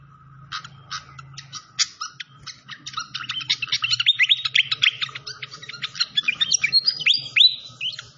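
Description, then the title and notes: Malaysian pied fantail song beginning with sparse chips that build into a busy run of twittering and rising whistled notes, a steady low hum throughout. Training (masteran) recording of clear-voiced song mixed with the sound of trickling water. "Masteran Sikatan Kipas Suara Jernih Dan Suara Gemericik Air. Suara Burung Sikatan Londo"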